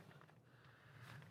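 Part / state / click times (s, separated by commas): air pump nozzle into sleeping pad valve / not seated / none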